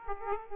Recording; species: mosquito wingbeat signal from an infrared sensor; Aedes aegypti